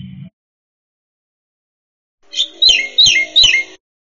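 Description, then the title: Black-winged myna calls: after a long silence, three harsh, scratchy chirps given in quick succession. "Jalak Putih"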